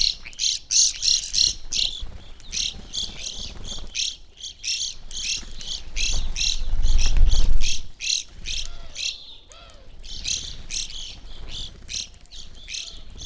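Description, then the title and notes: Evening grosbeaks calling in a busy flock, rapid high chirps throughout, with a brief low rumble near the middle. Flock of birds feeding on sunflower seeds at a backyard feeder hanging in a birch tree; relatively warm winter morning; McCloud, Siskiyou County, California; recorded with two microphones on either side of the tree trunk. "I recorded this at my home in the small town of McCloud in Siskiyou County, California. It was a relatively warm winter morning, and a flock of Evening Grosbeaks was busily eating a breakfast of sunflower seeds from a feeder hanging from the branch of a birch tree in my backyard."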